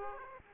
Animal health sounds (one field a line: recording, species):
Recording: mosquito wingbeat signal from an infrared sensor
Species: Aedes aegypti